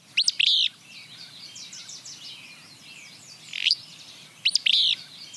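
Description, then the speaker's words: Willow Flycatcher: sharp, buzzy notes in three bursts over about five seconds, with fainter high notes between them. Played example compared with the alder flycatcher; the two look alike in the field and are told apart by voice. "now I'm going to play it's called a willow flycatcher? Willow flycatcher. All right, let's listen to that."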